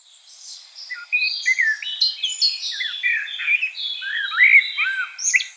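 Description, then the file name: Common blackbird song: a continuous run of fluted, slurred whistles rising and falling, packed with high chattering and squeaky trills. "Turdus merula"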